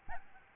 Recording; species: mosquito wingbeat signal from an infrared sensor; Aedes albopictus